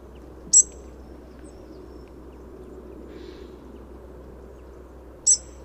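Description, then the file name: European robin producing two brief, high, piercing calls nearly five seconds apart; otherwise only a soft low hum and a faint sound. "Erithacus rubecula"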